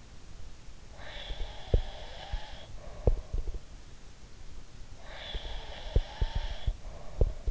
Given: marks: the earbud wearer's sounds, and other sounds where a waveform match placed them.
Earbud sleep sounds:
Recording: sounds in sleep by an in-ear microphone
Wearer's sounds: breath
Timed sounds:
0.87-3.39 s: breath
1.23-3.60 s: sound from someone else or the room
4.96-7.51 s: breath
5.30-7.51 s: sound from someone else or the room

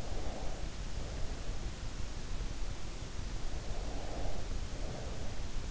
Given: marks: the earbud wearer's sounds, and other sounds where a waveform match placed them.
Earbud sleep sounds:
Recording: sounds in sleep by an in-ear microphone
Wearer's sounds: breath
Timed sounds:
0.01-1.58 s: breath
3.84-5.41 s: breath

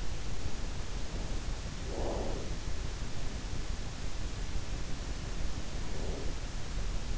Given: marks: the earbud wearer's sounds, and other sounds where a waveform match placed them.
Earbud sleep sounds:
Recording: sounds in sleep by an in-ear microphone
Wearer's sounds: breath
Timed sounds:
1.67-2.82 s: breath
5.64-6.56 s: breath

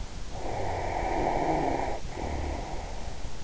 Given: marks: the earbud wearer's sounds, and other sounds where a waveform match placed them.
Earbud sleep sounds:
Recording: sounds in sleep by an in-ear microphone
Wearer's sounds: snoring breath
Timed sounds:
0.28-3.11 s: snoring breath

